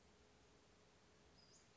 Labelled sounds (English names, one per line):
Western Flycatcher